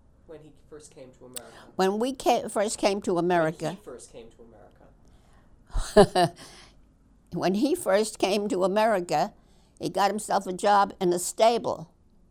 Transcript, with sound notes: when he first came to America?
When we first came to America...
When he first came to America.
( she laughs ) When he first came to America he got himself a job in a stable.